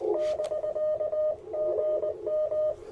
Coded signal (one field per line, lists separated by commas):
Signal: Morse code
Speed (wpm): 22 wpm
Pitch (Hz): 590 Hz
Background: radio noise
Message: <BK>GM